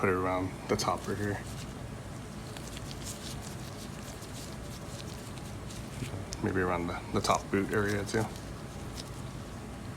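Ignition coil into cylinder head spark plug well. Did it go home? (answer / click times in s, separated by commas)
yes / 9.0 s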